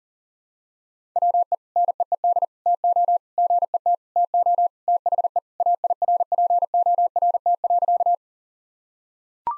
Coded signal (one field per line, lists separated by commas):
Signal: Morse code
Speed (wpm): 37 wpm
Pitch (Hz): 700 Hz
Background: none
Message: WE NEED TO GET TO THE AIRPORT.